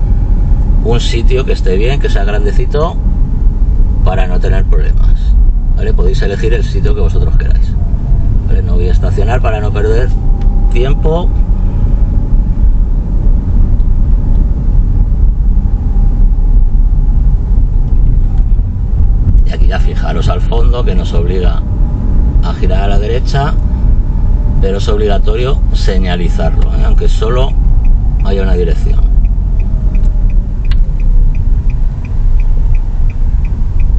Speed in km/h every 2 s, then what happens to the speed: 27, 27, 25, 22, 23, 27, 28, 28, 26, 25, 28, 31, 29, 26, 22, 16, 8.
0-7 steady at about 25. 7-11 speeds up to 28. 11-23 steady at about 28. 23-34 slows to 8.